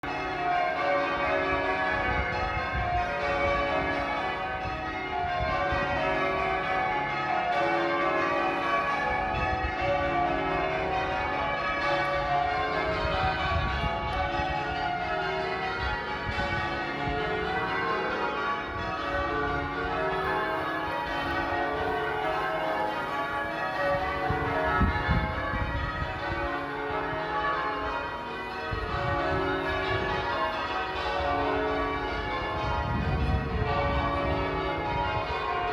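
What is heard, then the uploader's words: Church bells ring in a continuous peal for the whole stretch, overlapping strikes packed densely with rich ringing tones that hang and blend. The level holds steady throughout, with a low rumble underneath and occasional heavier strikes around the middle and near the end. The bells of St Neots Parish Church this Saturday morning viewed from the wooden footbridge across the road.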